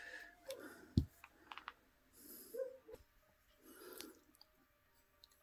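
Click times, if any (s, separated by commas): none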